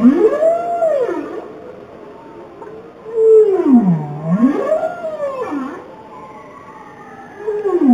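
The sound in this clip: Bowhead whale calling: loud tonal moans swooping up and down in arcs, with harmonic overtones and quiet gaps between.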